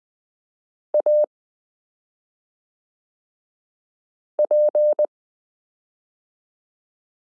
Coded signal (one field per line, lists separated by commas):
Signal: Morse code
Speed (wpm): 20 wpm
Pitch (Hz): 600 Hz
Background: none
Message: AP